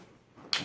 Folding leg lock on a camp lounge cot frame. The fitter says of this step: hear it snap okay turn the feet toward the floor